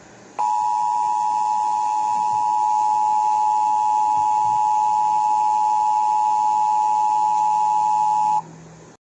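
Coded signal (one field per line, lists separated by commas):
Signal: Emergency Alert System (SAME) tones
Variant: 853 and 960 Hz attention tone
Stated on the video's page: Fictional EAS mini scenario.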